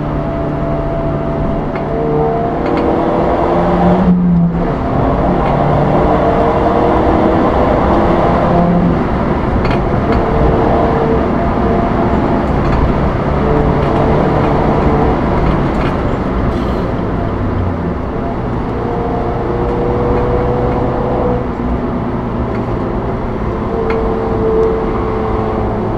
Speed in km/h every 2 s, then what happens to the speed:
92, 103, 115, 127, 143, 159, 154, 150, 136, 122, 107, 103, 101.
0-10 speeds up to 159. 10-26 brakes to 101.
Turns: none.